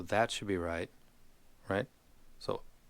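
A swappable amplifier/headphone-out module is lined up and pushed onto the body of a XUELIN H8 portable music player while someone talks. Nothing has seated or clicked yet.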